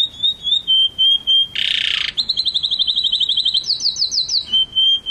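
Canary song with steady whistled notes, a loud harsh rasp, a fast even trill and a rapid rising run, ending on a clear whistle.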